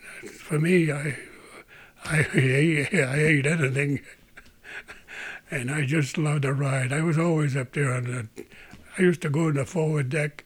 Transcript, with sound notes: as for me I ate anything. ( he laughs ) And I just loved the ride. I was always up there. I used to go to the forward deck,